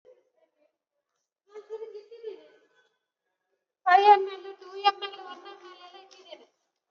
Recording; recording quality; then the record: deep breathing; poor, much background noise or distortion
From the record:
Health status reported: COVID-19 positive, no symptoms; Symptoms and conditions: none ticked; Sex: male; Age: 29 years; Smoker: not ticked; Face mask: not worn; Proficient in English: yes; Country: India